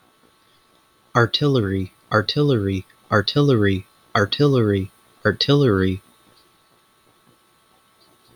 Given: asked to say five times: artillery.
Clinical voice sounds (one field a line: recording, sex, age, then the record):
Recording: repeated word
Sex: male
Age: 30 to 39 years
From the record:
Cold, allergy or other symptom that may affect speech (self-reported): no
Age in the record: 36 years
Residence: Michigan, United States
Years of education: 17